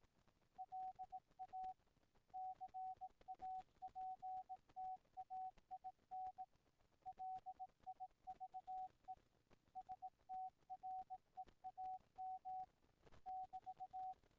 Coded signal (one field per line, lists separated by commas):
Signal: Morse code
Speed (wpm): 18 wpm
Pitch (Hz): 750 Hz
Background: none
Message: LA CAPTAIN LIVE STREAM <BT>